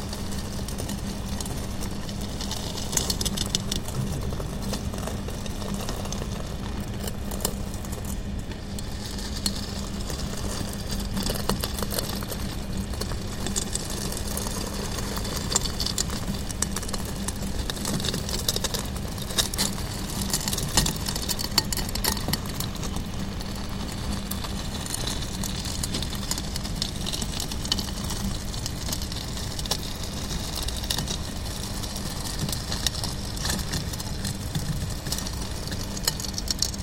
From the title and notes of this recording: Here are sounds recorded of prototypes of ESA's upcoming ExoMars rover, made in the Planetary Robotics Lab. The rover prototype tests its wheels and disembarks from the lander mock-up and traverses some simulated Martian gravel. The microphones used for this recording are specially made by Slovakia's Jonáš Gruska (LOM Label). Audible spectrum recordings are made with Uši; EMF recordings with Elektrosluch.